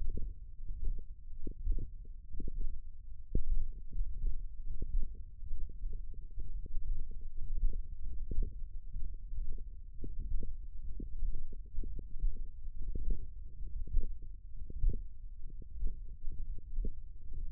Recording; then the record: forearm muscle sounds (acoustic myography)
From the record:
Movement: hook grip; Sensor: system 1, eight BSWA MPA416 microphones around the upper forearm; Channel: 6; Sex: male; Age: 23 years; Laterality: right